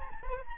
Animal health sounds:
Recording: mosquito wingbeat signal from an infrared sensor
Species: Aedes albopictus

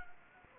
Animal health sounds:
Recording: mosquito wingbeat signal from an infrared sensor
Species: Anopheles gambiae

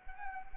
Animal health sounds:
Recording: mosquito wingbeat signal from an infrared sensor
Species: Anopheles arabiensis

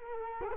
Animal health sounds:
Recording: mosquito wingbeat signal from an infrared sensor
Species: Culex quinquefasciatus

